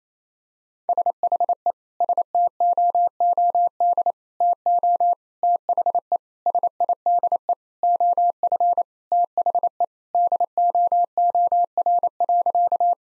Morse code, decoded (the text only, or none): SHE STOOD TO THE SIDE OF THE DOOR.